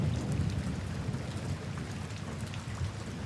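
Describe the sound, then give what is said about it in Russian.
Steady, hissing rain pours throughout, layered over a deep, continuous rumble of thunder that stays fairly even in loudness rather than breaking into a sharp crack. No voices are heard. “Громкий раскат грома, разрядивший обстановку гнетущей тишины, заставил меня вскрикнуть от неожиданности.”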